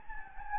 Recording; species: mosquito wingbeat signal from an infrared sensor; Anopheles gambiae